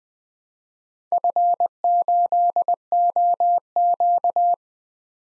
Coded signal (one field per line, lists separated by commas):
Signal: Morse code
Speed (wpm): 21 wpm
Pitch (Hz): 700 Hz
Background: none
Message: F8OQ